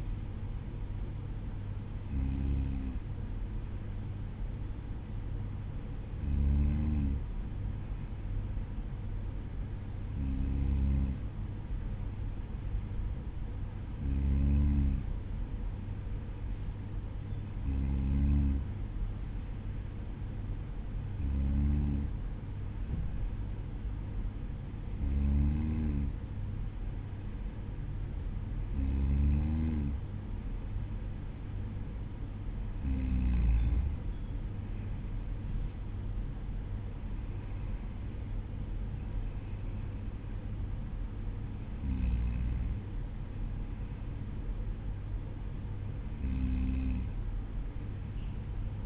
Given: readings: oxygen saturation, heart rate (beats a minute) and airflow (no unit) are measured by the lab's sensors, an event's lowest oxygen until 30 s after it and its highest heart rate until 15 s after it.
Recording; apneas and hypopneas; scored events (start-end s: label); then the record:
breathing in sleep by a smartphone at the bedside; none
none scored
From the record:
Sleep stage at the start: N2 (light sleep); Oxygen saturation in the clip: 94 to 95%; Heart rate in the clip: 52 to 54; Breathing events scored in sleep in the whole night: 305 in 9.6 hours asleep